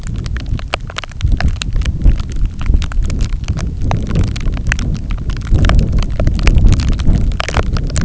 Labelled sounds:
none
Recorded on Arctic tundra, site NAIT-1, on 27 June 2019
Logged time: 00:00

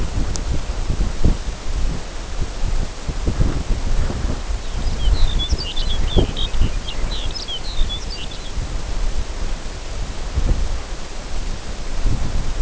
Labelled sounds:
Lapland Longspur
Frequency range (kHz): Lapland Longspur 2.2-6.5 kHz
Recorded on Arctic tundra, site NAIT-1, on 19 June 2018
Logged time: 21:00

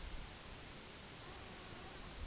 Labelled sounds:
none
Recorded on Arctic tundra, site NAIT-1, on 2 July 2019
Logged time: 18:00

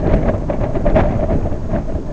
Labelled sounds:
none
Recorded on Arctic tundra, site IGLO-B, on 25 June 2018
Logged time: 19:59

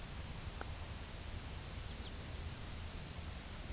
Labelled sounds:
Lapland Longspur
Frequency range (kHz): Lapland Longspur 2.5-4.7 kHz
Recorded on Arctic tundra, site UTQI-2, on 15 June 2019
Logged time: 22:00

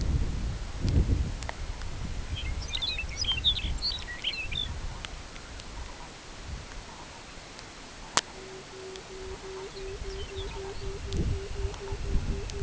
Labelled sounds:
Lapland Longspur
unidentified sound
Pectoral Sandpiper
Dunlin
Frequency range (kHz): Lapland Longspur 1.7-7.6 kHz; Pectoral Sandpiper 0.1-0.8 kHz; Dunlin 1.6-3.2 kHz
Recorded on Arctic tundra, site CORI-1, on 13 June 2018
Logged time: 16:00

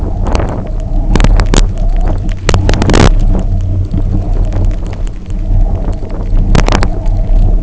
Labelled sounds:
none
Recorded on Arctic tundra, site UTQI-0, on 27 June 2018
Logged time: 00:00

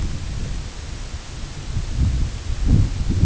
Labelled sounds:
none
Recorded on Arctic tundra, site IGLO-A, on 22 June 2018
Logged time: 17:59

